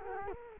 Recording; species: mosquito wingbeat signal from an infrared sensor; Culex quinquefasciatus